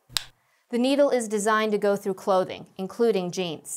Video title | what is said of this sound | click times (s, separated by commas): How to Administer Epinephrine | and firmly push the orange tip against the person's mid outer thigh until it clicks | 0.2 s